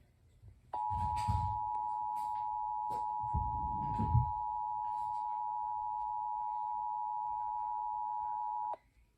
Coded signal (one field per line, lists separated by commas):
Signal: Emergency Alert System (SAME) tones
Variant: 853 and 960 Hz attention tone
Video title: new jersey required monthly test +bonus alert [EAS #17-20] (7/18/23)